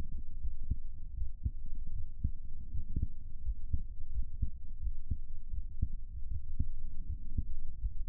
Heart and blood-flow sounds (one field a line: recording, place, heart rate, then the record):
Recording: heart sounds by stethoscope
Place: pulmonary valve (PV)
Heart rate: 81 bpm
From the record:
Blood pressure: 125/90 mmHg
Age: 33 years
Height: 162 cm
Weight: 52 kg